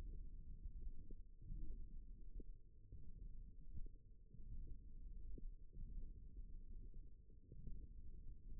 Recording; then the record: forearm muscle sounds (acoustic myography)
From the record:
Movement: hand opening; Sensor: system 1, eight BSWA MPA416 microphones around the upper forearm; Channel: 1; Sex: female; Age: 21 years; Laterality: right